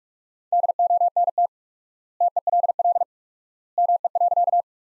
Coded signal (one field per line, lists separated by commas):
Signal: Morse code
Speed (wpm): 47 wpm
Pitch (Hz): 700 Hz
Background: none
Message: DONT TELL ME.